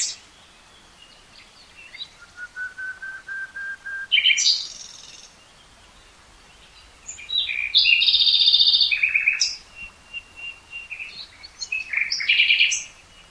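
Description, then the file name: Common nightingale song with a series of low whistled notes, a loud buzzy burst, then a rapid rattle followed by repeated clear whistles and a final flourish. "Luscinia megarhynchos"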